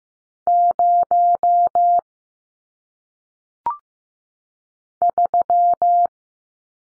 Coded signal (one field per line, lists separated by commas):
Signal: Morse code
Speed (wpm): 15 wpm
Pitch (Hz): 700 Hz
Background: none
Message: 0 3